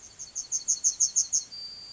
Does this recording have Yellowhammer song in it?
yes